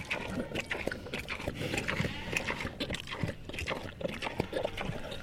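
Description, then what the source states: Landrace pig eating: wet chewing, crunching and smacking throughout. Landrace pig eating peaches.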